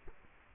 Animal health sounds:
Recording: mosquito wingbeat signal from an infrared sensor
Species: Culex quinquefasciatus

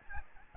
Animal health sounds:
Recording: mosquito wingbeat signal from an infrared sensor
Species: Aedes albopictus

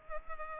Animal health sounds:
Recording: mosquito wingbeat signal from an infrared sensor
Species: Culex pipiens

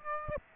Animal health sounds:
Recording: mosquito wingbeat signal from an infrared sensor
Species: Aedes aegypti

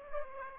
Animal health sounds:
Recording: mosquito wingbeat signal from an infrared sensor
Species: Aedes aegypti

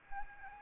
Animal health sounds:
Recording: mosquito wingbeat signal from an infrared sensor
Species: Aedes albopictus

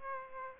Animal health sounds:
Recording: mosquito wingbeat signal from an infrared sensor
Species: Aedes aegypti

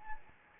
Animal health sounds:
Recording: mosquito wingbeat signal from an infrared sensor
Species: Anopheles gambiae

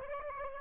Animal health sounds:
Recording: mosquito wingbeat signal from an infrared sensor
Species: Aedes aegypti

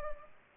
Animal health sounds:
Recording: mosquito wingbeat signal from an infrared sensor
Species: Culex pipiens

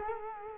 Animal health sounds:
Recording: mosquito wingbeat signal from an infrared sensor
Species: Culex quinquefasciatus

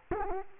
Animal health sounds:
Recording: mosquito wingbeat signal from an infrared sensor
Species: Culex quinquefasciatus

